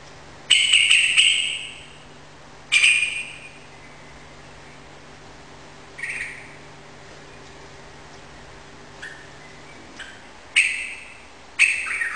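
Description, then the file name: Yellow-vented bulbul song, several short bursts of bright notes separated by pauses, over a faint low hum. Recorded indoors, in a room; rapid song style called ropel. "suara burung trucukan ropel di ruangan"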